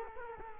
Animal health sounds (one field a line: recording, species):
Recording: mosquito wingbeat signal from an infrared sensor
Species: Culex quinquefasciatus